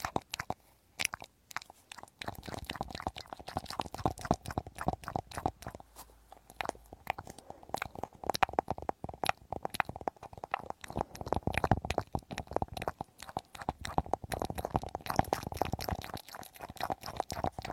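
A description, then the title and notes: Ear cleaning with a penetrating flow: a dense run of sharp crackles, pops and soft squelches fills nearly the whole stretch, fast and irregular. A faint steady mid-pitched tone hums underneath. The first two seconds are sparser, with only a few isolated clicks. Penetrating flow ear cleaning.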